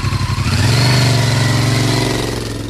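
A motorcycle engine idles with a rapid low pulsing, then revs up into a loud, steady mid-pitched roar that holds for a couple of seconds before easing slightly. No voices.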